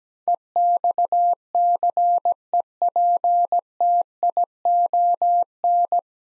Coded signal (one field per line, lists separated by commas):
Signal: Morse code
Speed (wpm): 17 wpm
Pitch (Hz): 700 Hz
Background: none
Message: EXCEPTION